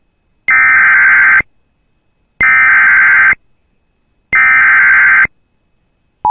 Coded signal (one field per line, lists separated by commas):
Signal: Emergency Alert System (SAME) tones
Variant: header bursts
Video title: [EAS] Severe Thunderstorm Warning for Polk County MN June 2 2023